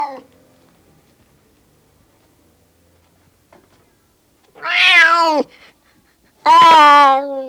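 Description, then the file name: Cat gives two loud, harsh meows near the end, the second strong and steady, after a long quiet stretch with the tail of an earlier meow at the start. Male cat (tomcat) meowing. "Miauwen van een kater - Sound Cloud - Beeld en Geluid"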